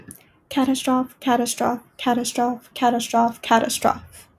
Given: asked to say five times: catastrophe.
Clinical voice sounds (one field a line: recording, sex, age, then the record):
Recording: repeated word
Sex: female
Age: 20 to 29 years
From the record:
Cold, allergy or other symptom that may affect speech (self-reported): no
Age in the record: 22 years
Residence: California, United States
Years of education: 12